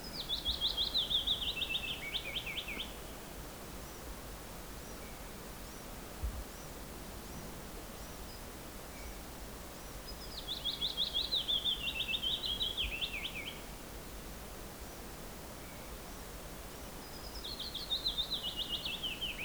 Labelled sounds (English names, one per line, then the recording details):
Willow Warbler song
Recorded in the wild
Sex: male
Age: adult
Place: Halbinsel Kindo, Karelien, RU
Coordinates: 66.5528, 33.1
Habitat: taiga
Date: 1996-06-21
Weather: partly cloudy, ca. 10 °C
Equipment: Sony TCD-D3, Sennheiser MKH 70, Windkorb
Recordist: Frommolt, Karl-Heinz